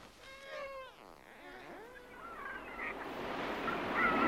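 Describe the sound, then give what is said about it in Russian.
Dolphin vocalizations: a run of high, squeaky whistles and chirps that bend up and down in pitch. A broad hissing wash swells underneath and grows louder toward the end. “Кажется, голос дельфина.”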